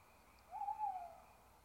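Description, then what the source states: Owl gives a single smooth hoot, level then slightly falling, about half a second long, against faint steady hiss. Owls (chouettes) recorded at Ker Anna.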